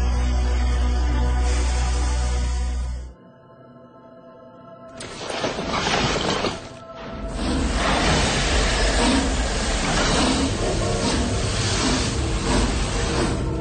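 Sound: train running on rails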